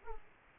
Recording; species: mosquito wingbeat signal from an infrared sensor; Aedes aegypti